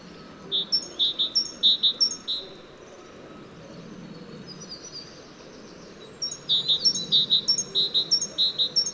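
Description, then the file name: Great tit singing repeated see-saw phrases of a lower and a higher whistled note, first burst, a few seconds' gap, then a second longer burst over soft background noise. "Parus major"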